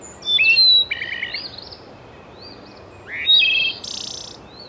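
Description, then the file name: Songbird phrases of clear whistles and quick rattling trills, two bursts separated by a pause, with a constant soft hiss underneath. "Zarobi - Beautiful Bird Song"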